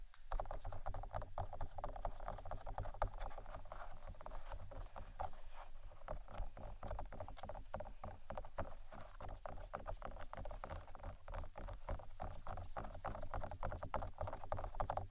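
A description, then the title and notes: Tapping goes on for the whole stretch, quick and uneven, with sharp clicks crowding together and some louder knocks standing out. A steady low hum runs underneath throughout, and the overall level stays fairly constant from start to finish. ASMR 2 Types Of Tapping（No Talking）.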